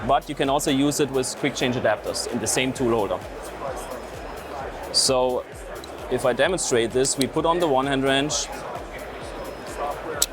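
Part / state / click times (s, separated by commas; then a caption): wrench onto machine spindle lock / seated / 10.2 s. A wrench is set onto a machine spindle at a tool-holder system demonstration while someone talks over background music. At 10.2 s a sharp click is heard as the wrench snaps into place and locks the spindle.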